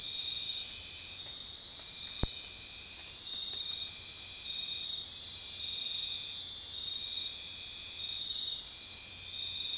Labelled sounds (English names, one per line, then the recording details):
none
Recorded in secondary vegetation near Puerto Asís, Putumayo, Colombia, on 9 March 2025 at 02:30
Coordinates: 0.499, -76.323
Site G094